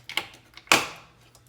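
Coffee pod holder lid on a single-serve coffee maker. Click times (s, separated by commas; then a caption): 0.7 s. After a new pod is put in a single-serve coffee maker, the pod holder lid is closed until it latches. A few light taps and clicks lead up to a sharp, loud click at 0.7 seconds, which rings out briefly. The lid is latched shut.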